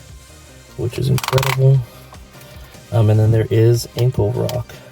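Someone talks while handling the plastic ankle of a transforming robot action figure, moving the ankle joint piece to show its ankle rock before it locks into the leg. Brief broadband handling rustles come through around 1.2–1.5 seconds under the voice and background music. The joint has not locked into place yet; nothing has seated or clicked.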